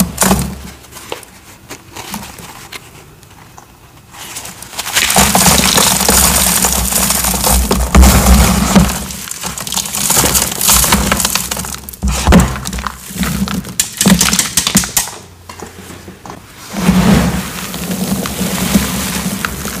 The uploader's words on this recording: ASMR 4-in-1 Crushing Sounds of Dyed Cubes, Chalk Bombs, Cornstarch Crunchies, Confetti Reforms.